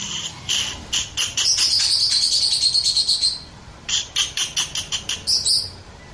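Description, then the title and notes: Oriental magpie-robin song: harsh buzzy bursts in quick series, with a sustained high shimmering trill in the middle, then more rasping pulses. Champion oriental magpie-robin singing in lively, energetic 'gacor' style; a selected master recording for training other birds. "Kacer Juara Gacor. Kumpulan Suara Burung Masteran Pilihan"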